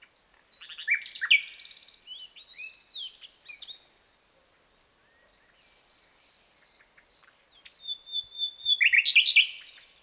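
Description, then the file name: Common nightingale song: a harsh buzzy burst and varied whistles, a quiet gap with a faint steady high whine, then a fresh phrase of rapid repeated notes. "Luscinia megarhynchos"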